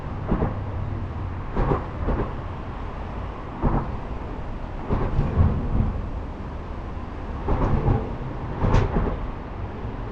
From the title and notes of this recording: Autobahn am Heidelberger Platz. A small gap between bridge segments of the elevated Autobahn reveals the speed and rhythm, with which paths intersect in the city.